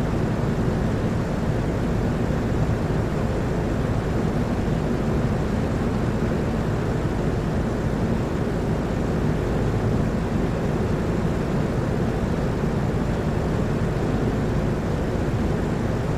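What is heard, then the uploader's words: A loud fan roars steadily, a thick, constant rush weighted toward the low end with a deep rumbling body and a softer hiss above. The sound never changes in level or character across the whole stretch, with no separate events. Loud Fan White Noise.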